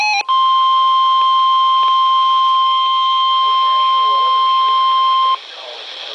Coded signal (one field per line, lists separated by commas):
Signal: Emergency Alert System (SAME) tones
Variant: 1050 Hz attention tone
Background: speech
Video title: 2 Same SVRs for 4 Counties in South Central PA (Local Law Enforcement Reported) {EAS #672,673}